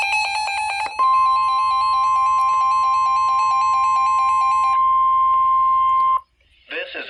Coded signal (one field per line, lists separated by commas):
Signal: Emergency Alert System (SAME) tones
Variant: 1050 Hz attention tone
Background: speech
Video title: Goodbye Winter! | EAS Alerts from 2/21/25 & 2/23/25 | EAS#2,671-2,689